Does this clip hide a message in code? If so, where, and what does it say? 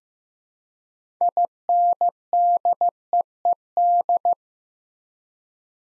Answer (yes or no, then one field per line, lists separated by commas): yes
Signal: Morse code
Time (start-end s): 1.2-4.3 s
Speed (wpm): 15 wpm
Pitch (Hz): 700 Hz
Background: none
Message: INDEED